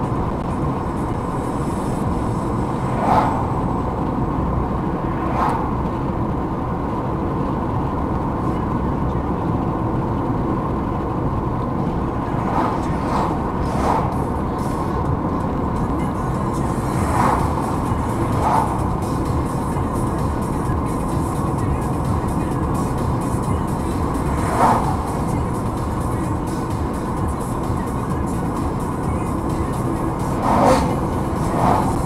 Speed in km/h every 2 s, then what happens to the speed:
69, 69, 79, 71, 71, 71, 71, 72, 70, 69, 67, 68, 65, 68, 67, 67.
4-6 brakes to 71. 6-32 steady at about 69.